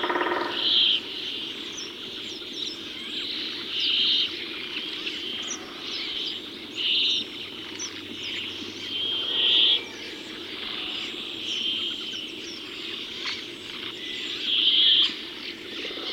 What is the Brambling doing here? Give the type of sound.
drumming